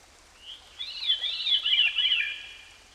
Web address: Dan Gibson Songbirds By The Stream. Veery